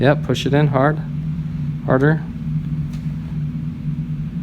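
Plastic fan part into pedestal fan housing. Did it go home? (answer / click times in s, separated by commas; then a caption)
no / none. A plastic fan part is pushed in hard on a Pelonis pedestal fan housing after two small hooks are hooked in. Someone talks over a steady low hum, and the part goes in without any click. Nothing has seated or clicked yet.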